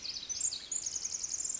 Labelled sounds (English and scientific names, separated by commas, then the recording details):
Pacific Wren (Troglodytes pacificus)
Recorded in Sonoma County, California